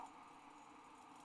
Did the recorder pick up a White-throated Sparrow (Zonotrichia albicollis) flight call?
no